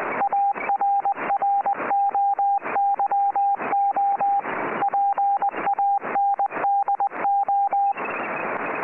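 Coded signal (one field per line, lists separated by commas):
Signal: Morse code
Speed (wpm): 20 wpm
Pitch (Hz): 800 Hz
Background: radio noise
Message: ARROYO PANDO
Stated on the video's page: Weather report in CW from a Uruguayan coast station on 8602 kHz, received on a Kenwood TS-50 with an inverted-V antenna for 40 m.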